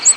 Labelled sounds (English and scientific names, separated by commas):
Ovenbird (Seiurus aurocapilla) flight call